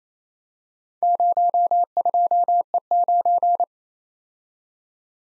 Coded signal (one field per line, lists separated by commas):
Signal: Morse code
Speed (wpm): 34 wpm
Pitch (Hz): 700 Hz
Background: none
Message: 02E9